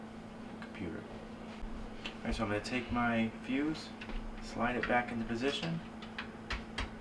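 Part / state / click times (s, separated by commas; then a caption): thermal fuse into dishwasher fuse holder / seated / 6.8 s. Someone talks while a thermal fuse is slid back into its plastic mounting holder on the control board of a KitchenAid dishwasher being repaired because it will not start, with a few faint ticks along the way. The fuse is pushed in until it snaps into place with a sharp click at 6.8 s, leaving it seated and locked in.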